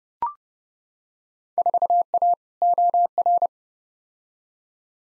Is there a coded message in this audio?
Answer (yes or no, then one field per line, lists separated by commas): yes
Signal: Morse code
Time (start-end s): 1.6-3.5 s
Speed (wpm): 30 wpm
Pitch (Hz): 700 Hz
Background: none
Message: 4A OR